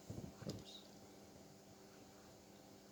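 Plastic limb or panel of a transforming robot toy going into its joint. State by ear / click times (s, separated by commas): not seated / none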